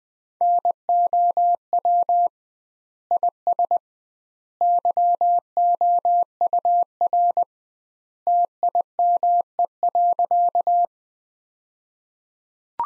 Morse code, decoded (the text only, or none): NOW IS YOUR TIME.